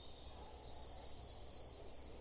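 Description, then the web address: Eurasian blue tit calling: a quick run of six thin, very high descending notes, evenly spaced, in an otherwise quiet setting. "cianscape. Deverinetal"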